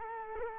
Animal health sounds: mosquito wingbeat signal from an infrared sensor; Culex quinquefasciatus

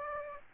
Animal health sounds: mosquito wingbeat signal from an infrared sensor; Aedes aegypti

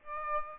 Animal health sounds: mosquito wingbeat signal from an infrared sensor; Aedes aegypti

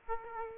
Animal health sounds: mosquito wingbeat signal from an infrared sensor; Aedes aegypti

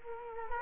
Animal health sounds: mosquito wingbeat signal from an infrared sensor; Culex quinquefasciatus

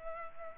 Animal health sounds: mosquito wingbeat signal from an infrared sensor; Culex pipiens

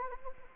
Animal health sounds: mosquito wingbeat signal from an infrared sensor; Anopheles gambiae

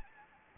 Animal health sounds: mosquito wingbeat signal from an infrared sensor; Anopheles gambiae

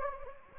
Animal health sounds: mosquito wingbeat signal from an infrared sensor; Anopheles gambiae

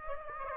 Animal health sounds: mosquito wingbeat signal from an infrared sensor; Aedes aegypti

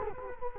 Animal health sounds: mosquito wingbeat signal from an infrared sensor; Culex quinquefasciatus

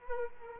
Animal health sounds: mosquito wingbeat signal from an infrared sensor; Culex quinquefasciatus

